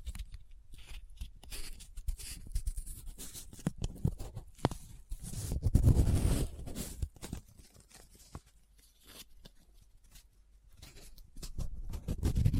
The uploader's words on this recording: ASMR Close Up Paper Sounds - Folding, Scratching, Rubbing, Crinkle (No Talking).